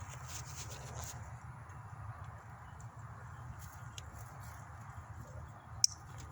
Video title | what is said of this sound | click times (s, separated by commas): UNBOXING & MOUNTING; 07-17 Toyota Camry Spark Plugs Coil Pin Connectors(DTC:P0300-P0304;P0351-P0357) | You got 3 clicks. | 5.8 s